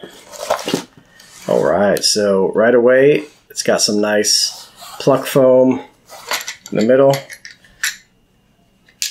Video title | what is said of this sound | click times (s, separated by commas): Zeadio Camera Stabilizer Unboxing/Review | open it up you hear it lock into place it's got a little button there to unlock | 9.0 s